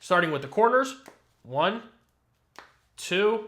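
Someone talks while pressing the first corner of a Bullstrap Contemporary case, full grain leather with polycarbonate underneath, onto an iPhone 16 Pro Max. A short, sharp click sounds at 2.6 s between spoken phrases as the corner seats onto the phone.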